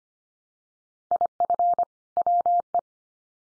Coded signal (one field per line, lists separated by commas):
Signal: Morse code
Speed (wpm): 25 wpm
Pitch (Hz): 700 Hz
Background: none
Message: IF WE